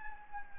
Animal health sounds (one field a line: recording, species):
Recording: mosquito wingbeat signal from an infrared sensor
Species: Anopheles gambiae